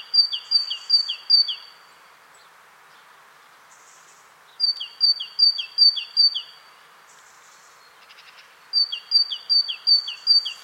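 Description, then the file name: Great tit singing bright two-note phrases, high then lower, in three bouts of several phrases separated by pauses. "Parus major"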